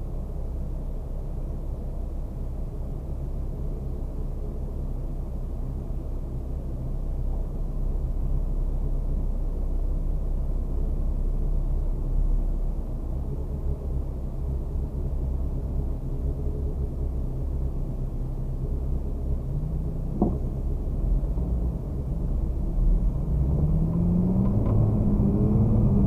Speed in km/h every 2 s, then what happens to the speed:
0, 0, 0, 0, 0, 0, 0, 0, 0, 0, 0, 0, 11.
0-22 standing. 22-26 pulls away to 11.